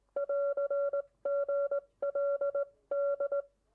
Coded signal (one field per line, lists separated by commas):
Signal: Morse code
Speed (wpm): 20 wpm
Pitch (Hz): 1370 Hz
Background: none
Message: <AR> GLD